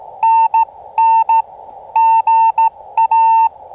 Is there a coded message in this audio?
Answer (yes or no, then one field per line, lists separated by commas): yes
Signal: Morse code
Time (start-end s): 0.2-3.5 s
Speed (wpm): 16 wpm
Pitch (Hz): 900 Hz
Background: none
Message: NN GA